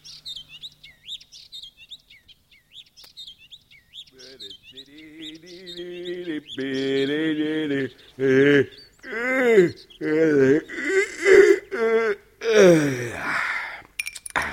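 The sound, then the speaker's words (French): A robin sings at dawn, greeting the sunrise with a run of quick, high, twittering phrases, fairly soft at first, before a man's loud, wavering voice starts vocalizing over it. “C'est d'abord un rouge-gorge qui salue gaiement l'apparition du soleil.”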